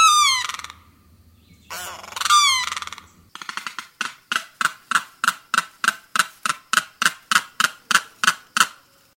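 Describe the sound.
Limpkin calls: two loud, wailing, descending cries, then a fast, steady series of sharp clicking pulses, about three each second.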